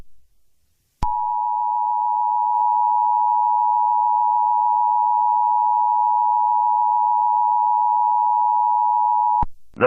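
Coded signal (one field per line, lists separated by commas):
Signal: Emergency Alert System (SAME) tones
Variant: 853 and 960 Hz attention tone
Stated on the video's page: Fictional EAS scenario, Halloween-themed.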